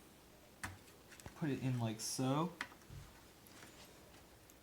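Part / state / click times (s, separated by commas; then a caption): RAM module into motherboard memory slot / not seated / none. A RAM module is handled and pushed toward a motherboard memory slot, with a sharp tap near 0.6 s and a few faint ticks while someone talks. Nothing has seated or clicked into the slot yet.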